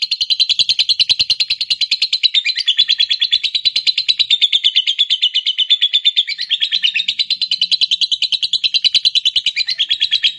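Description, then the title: Lovebird chattering song, a dense, rapid, high, rattling chatter that keeps going steadily for the whole stretch without a break. Lure recording to get a lazy lovebird excited so it spontaneously starts singing at once. "LOVEBIRD Malas Bunyi JADI GREGET SPONTAN Langsung NARIK"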